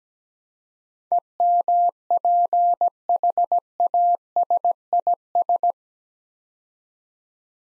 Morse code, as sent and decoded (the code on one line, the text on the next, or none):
. -- .--. .... .- ... .. ...
EMPHASIS